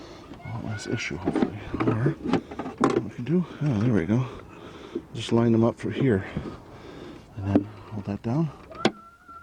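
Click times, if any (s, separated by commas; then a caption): 8.9 s. Someone talks while lining up the wiper linkage on a Ford E-250 van and holding it down, then presses the linkage arm clip onto the wiper motor/linkage pivot. A single sharp click at 8.8 s shows the clip snapping home and locking in.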